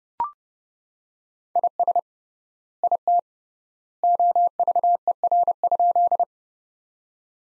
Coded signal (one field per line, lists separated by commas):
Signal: Morse code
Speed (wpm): 30 wpm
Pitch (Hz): 700 Hz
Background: none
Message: IS IT OVER?